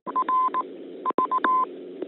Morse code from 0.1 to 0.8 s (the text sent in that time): R